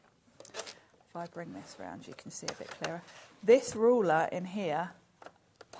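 Someone talks while turning a craft scoring board around, then a button releases the small removable ruler from its slot. The ruler pops out with a sharp click at 5.6 s.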